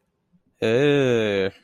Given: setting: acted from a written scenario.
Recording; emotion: vocal sound without words; interest